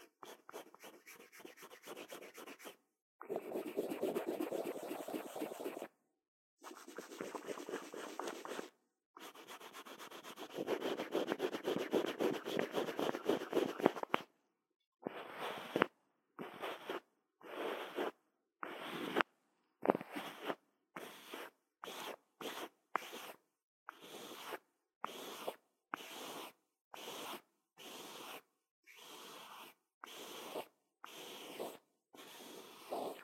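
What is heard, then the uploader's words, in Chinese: Scratching and rubbing on an earphone mic: long dense scraping strokes for fifteen seconds, then short rapid bursts with silent gaps. 刷刷耳麥 | LO-FI | Earphone Mic Scratching | NO Talking。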